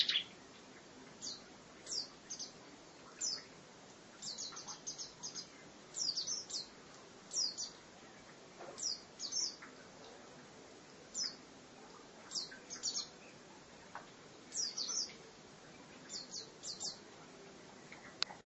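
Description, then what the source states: Lovebird chirps: quiet, short clusters of high, down-slurred notes at irregular intervals, over a background hiss. Lovebird giving a long chattering trill, called "ngekek panjang".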